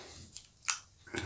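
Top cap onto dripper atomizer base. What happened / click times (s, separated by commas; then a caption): The metal cap dropped onto its base and locked into place / 0.7 s. The metal top cap of a rebuildable dripper is pushed back onto its base, where an internal keying groove makes it drop in and lock by itself with the airflow holes lined up to the coils. A faint tick comes at 0.4 s, then a sharp metallic click at 0.7 s as the cap seats, and a last softer knock near 1.2 s. The cap is seated and aligned.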